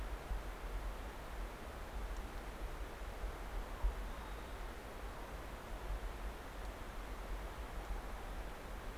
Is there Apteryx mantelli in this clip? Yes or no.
no